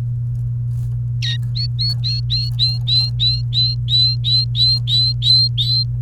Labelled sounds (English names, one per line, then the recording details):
Domestic Canary song
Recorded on 29 April 2018 at 11:57
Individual llb3